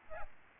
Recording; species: mosquito wingbeat signal from an infrared sensor; Aedes albopictus